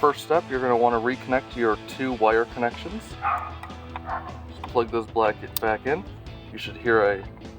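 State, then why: Not seated. On a 2019-2023 RAM 1500, the two-wire connectors of a Raxiom Axial Series sequential LED mirror turn signal are being plugged back into their mating harness plug while someone talks over background music. The clip ends just before the connector goes home, so nothing has seated or clicked yet.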